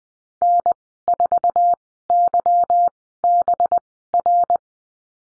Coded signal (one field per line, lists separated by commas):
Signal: Morse code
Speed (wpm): 20 wpm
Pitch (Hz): 700 Hz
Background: none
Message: N4YBR